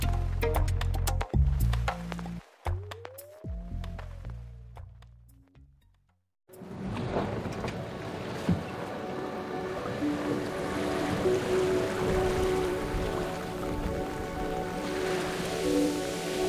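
Sea swell laps and washes steadily against the hull of a Zodiac inflatable boat near an island in the Iroise Sea, a continuous textured splashing that follows a short opening of stepped electronic tones and a rising, falling whistle.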